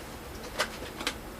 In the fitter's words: Then you'll hear a satisfying click. There you go.